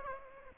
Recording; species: mosquito wingbeat signal from an infrared sensor; Aedes aegypti